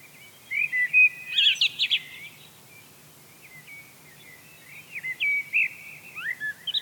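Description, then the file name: Eurasian blackbird song: a burst of rich warbled notes with a scratchy high twitter, a quiet gap, then softer fluted whistles and a final rising squeak. "Turdus merula"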